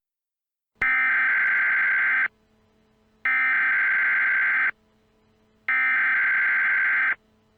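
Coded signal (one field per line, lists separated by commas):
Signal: Emergency Alert System (SAME) tones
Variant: header bursts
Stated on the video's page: Fictional EAS scenario, remastered, not a real alert.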